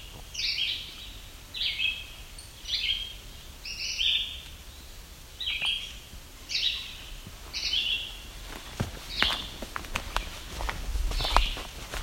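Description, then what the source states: Yellow-bellied Sapsucker calling in a run of nasal squeaks about every second, becoming sparser toward the end amid rustling and tapping sounds. Squeaky call likened to a rubber or squeegee toy.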